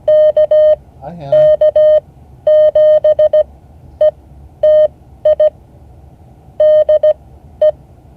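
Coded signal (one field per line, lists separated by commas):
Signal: Morse code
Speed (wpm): 17 wpm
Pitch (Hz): 610 Hz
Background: speech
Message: KK7ETI DE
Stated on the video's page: Morse code class session.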